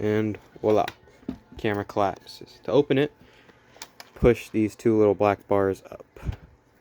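Someone talks while handling a Polaroid Automatic Land Camera 210, a folding instant camera that has just been collapsed, with brief sharp handling sounds near 3.8 and 4.0 seconds. The two little black release bars are being pushed up to open it, before the lens board and bellows are pulled out along the metal bed rails to lock the lens standard in the open position. The clip ends before the part goes home, and nothing has seated or clicked yet.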